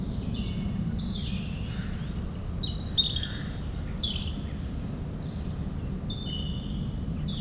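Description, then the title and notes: European robin delivers high, thin warbling phrases over a heavy low roar of aircraft noise. Singing in the huge Meerdaalbos forest, Oud-Heverlee, Belgium, with planes taking off. "3051 Oud-Heverlee, Belgium - Meerdaalbos. Into the huge forest called Meerdaalbos, the European Robin singing, and planes takeoffs"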